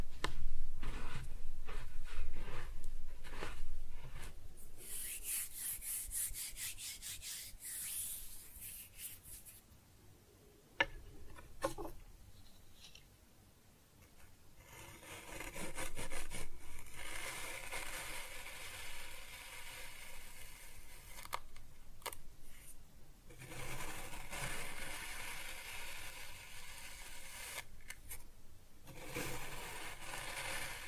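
Kinetic sand being cut and scooped, a soft grainy rubbing and hissing that comes in uneven strokes. A bright, dense stretch of scraping runs from about five to ten seconds, then things quieten, with a sharp tap near eleven seconds before steadier scraping resumes.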